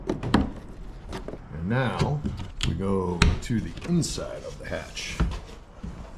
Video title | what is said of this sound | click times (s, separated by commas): DIY thru-hull wiring kayak trolling motor | Now I can plug it straight in there. So that pops right in. Maybe I should show you that. | 0.3 s